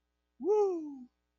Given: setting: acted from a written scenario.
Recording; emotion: vocal sound without words; elation